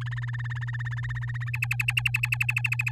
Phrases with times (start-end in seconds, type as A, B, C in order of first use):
0.01-1.50 A, 1.53-2.91 B